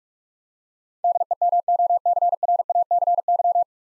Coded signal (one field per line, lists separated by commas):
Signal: Morse code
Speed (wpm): 46 wpm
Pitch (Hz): 700 Hz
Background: none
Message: DEMOCRACY